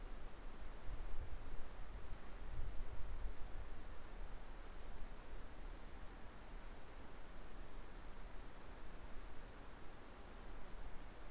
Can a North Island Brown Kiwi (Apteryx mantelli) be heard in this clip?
no